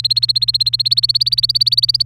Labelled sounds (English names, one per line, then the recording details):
Domestic Canary song
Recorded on 29 April 2018 at 05:52
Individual llb3